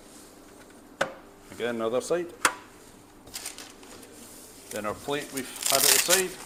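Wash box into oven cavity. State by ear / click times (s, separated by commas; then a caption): seated / 1.0 s. The other side of the wash box for a Lainox Oracle High Speed Oven is pushed up into the oven cavity and clicks into place with one sharp hit at 1.0 s, so it is seated. Someone talks, and a few fainter knocks follow around 3.4 to 3.8 s.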